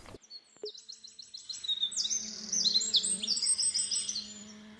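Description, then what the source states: Eurasian wren song: a run of rapid high repeated notes, then loud fast shrill trills and twittering phrases, with a steady low hum underneath. Called by the nickname peukku; has strong legs and struggles to escape during ringing.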